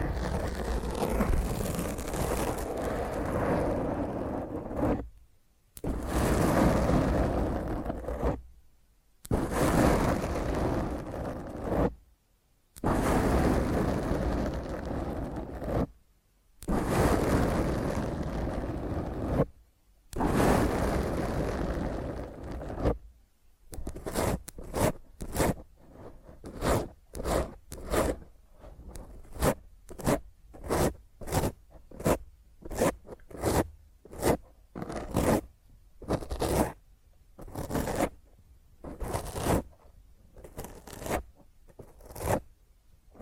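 Fingernails scratch roughly across a microphone, first in long grinding strokes of several seconds each, separated by brief silences. After about 24 seconds the scratching turns into quick, short bursts repeated rapidly in a ragged rhythm until the end.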